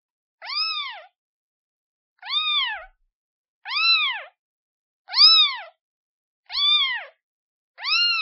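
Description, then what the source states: Cat: kitten's plaintive mews, six rising-and-falling calls at a steady pace, about one every one and a half seconds, no other sounds. Kitten calling for its mother.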